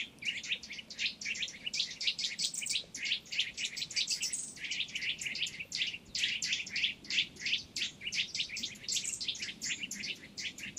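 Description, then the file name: Eurasian nuthatch giving fast, continuous runs of high, sharp chip notes, several per second, scarcely pausing throughout. "Sitta europaea"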